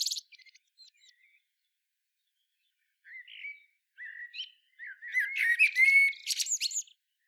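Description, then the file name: Common blackbird singing: a thin high twitter, a pause, then rich whistled warbles building into a louder phrase with scratchy high twittering at the end. "Turdus merula"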